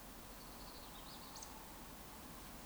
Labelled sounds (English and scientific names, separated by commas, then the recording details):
Eurasian Woodcock (Scolopax rusticola) whistle
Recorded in Baden-Württemberg, Germany, on 18 June 2021 at 19:24 UTC
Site 49334, 1074 m above sea level